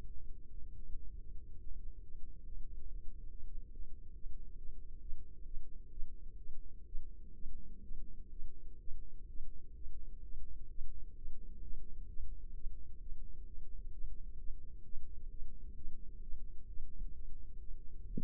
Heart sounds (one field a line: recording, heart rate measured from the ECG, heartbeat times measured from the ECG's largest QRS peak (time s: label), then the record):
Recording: heart sounds by microphone in the left ear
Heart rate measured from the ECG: 132 bpm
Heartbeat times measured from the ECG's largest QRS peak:
0.28 s: heartbeat
0.72 s: heartbeat
1.15 s: heartbeat
1.58 s: heartbeat
2.00 s: heartbeat
2.43 s: heartbeat
2.86 s: heartbeat
3.28 s: heartbeat
3.71 s: heartbeat
4.14 s: heartbeat
4.57 s: heartbeat
5.00 s: heartbeat
5.45 s: heartbeat
5.91 s: heartbeat
6.38 s: heartbeat
6.86 s: heartbeat
7.34 s: heartbeat
7.82 s: heartbeat
8.30 s: heartbeat
8.79 s: heartbeat
9.27 s: heartbeat
9.74 s: heartbeat
10.22 s: heartbeat
10.69 s: heartbeat
11.15 s: heartbeat
11.62 s: heartbeat
12.08 s: heartbeat
12.54 s: heartbeat
13.00 s: heartbeat
13.45 s: heartbeat
13.92 s: heartbeat
14.37 s: heartbeat
14.83 s: heartbeat
15.29 s: heartbeat
15.75 s: heartbeat
16.21 s: heartbeat
16.66 s: heartbeat
17.12 s: heartbeat
17.58 s: heartbeat
18.03 s: heartbeat
From the record:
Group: healthy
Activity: Valsalva maneuver 0-16 s, rest 16-18 s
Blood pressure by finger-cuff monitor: 122/87 mmHg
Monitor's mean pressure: 97 mmHg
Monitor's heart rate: 131 bpm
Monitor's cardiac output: 8.3 L/min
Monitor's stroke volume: 63 mL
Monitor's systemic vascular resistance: 860 dyn s/cm5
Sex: female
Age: 19 years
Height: 163 cm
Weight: 51 kg